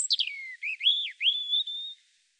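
European robin song phrase opening with a thin high note, sliding down into sweet, looping whistles that rise and fall, fading out on a sustained clear tone.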